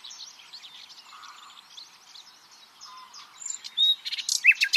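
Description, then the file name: Common nightingale song: a soft, busy jumble of high twittering notes that turns into louder sharp whistles and rapid repeated clicks near the end. "Luscinia megarhynchos"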